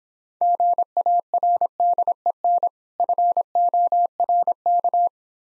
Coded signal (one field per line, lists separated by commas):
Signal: Morse code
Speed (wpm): 26 wpm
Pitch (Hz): 700 Hz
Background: none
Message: GARDEN FORK